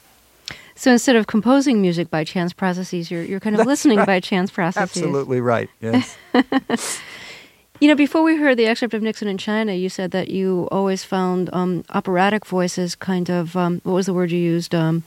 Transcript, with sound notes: So instead of composing music by chance processes, you're kind of listening by chance processes.
(laughs) Absolutely right, yes.
You know, before we heard the excerpt of "Nixon in China," you said that you always found operatic voices kind of -- what was the word you used?